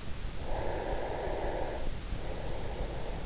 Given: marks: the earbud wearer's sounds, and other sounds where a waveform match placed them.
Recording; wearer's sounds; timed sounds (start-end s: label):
sounds in sleep by an in-ear microphone; breath
0.46-3.17 s: breath